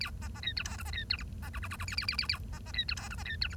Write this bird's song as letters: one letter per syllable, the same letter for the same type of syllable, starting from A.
A B B C D E F B C D G B H H H H A A A A A B B C D E F B C D G